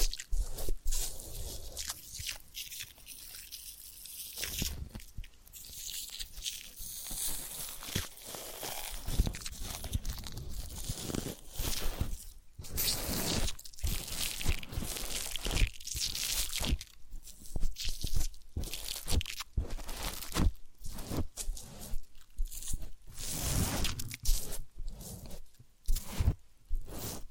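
Massage and ear-cleaning sounds: a busy run of crunchy, crackling rubs and soft squishy pops that never settles. Sharp bursts land every second or so, with brief quieter gaps scattered throughout, and the texture stays bright and scratchy from start to finish.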